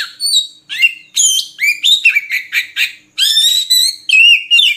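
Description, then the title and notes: Oriental magpie-robin singing rich whistles and buzzy chirps in rapid phrases, with a brief pause before another loud run of notes. Long-duration song used to train songbirds to sing frequently, day and night. "Kacer Jadi Gacor Siang Malam. Isian Kacer Durasi Panjang"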